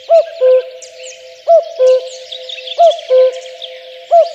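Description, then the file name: Common cuckoo repeating its falling two-note cu-coo about every 1.3 seconds, a fourth call starting at the end, amid steady background birdsong. "kakukk hangja"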